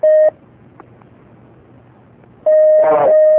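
Telephone line connection beeps: a short, loud, steady electronic tone, a quiet pause with faint hiss, then a longer identical tone with a brief voice murmuring over it.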